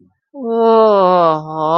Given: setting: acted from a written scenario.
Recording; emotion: vocal sound without words; ecstasy